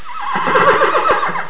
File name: horse